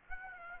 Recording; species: mosquito wingbeat signal from an infrared sensor; Aedes aegypti